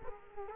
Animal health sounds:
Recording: mosquito wingbeat signal from an infrared sensor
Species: Culex quinquefasciatus

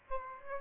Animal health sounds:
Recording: mosquito wingbeat signal from an infrared sensor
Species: Aedes albopictus

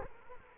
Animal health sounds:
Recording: mosquito wingbeat signal from an infrared sensor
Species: Culex quinquefasciatus

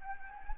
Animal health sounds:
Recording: mosquito wingbeat signal from an infrared sensor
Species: Anopheles gambiae

